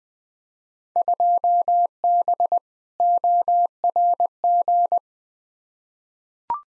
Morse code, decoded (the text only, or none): 2B ORG